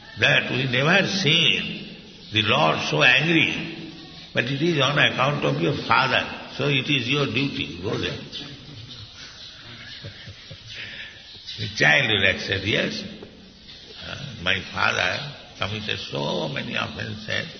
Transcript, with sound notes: that “We never seen the Lord so angry, but it is on account of your father, so it is your duty. You go there.” (chuckles) The child will accept, “Yes, my father committed so many offenses.